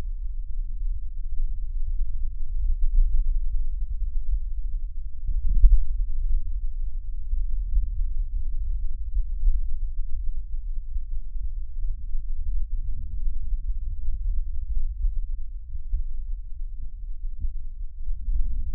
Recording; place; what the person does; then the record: lung sounds by stethoscope; right anterior apical chest; quiet breathing, then deep breathing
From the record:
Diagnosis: interstitial lung disease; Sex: male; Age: 72 years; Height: 170 cm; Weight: 62.9 kg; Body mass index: 21.8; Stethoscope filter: bell mode